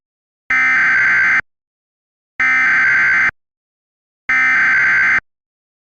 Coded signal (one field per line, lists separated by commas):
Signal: Emergency Alert System (SAME) tones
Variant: header bursts